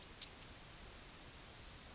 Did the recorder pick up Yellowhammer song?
no